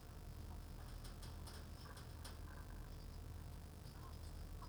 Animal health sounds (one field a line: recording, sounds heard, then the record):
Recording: poultry house recording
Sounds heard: sick chickens (respiratory disease)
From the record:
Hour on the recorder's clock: 16